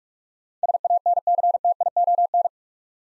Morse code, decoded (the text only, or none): SANCTION